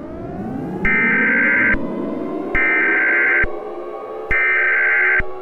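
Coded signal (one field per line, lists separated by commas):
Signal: Emergency Alert System (SAME) tones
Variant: header bursts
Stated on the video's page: Fictional EAS mini scenario of a nuclear power plant radiological disaster.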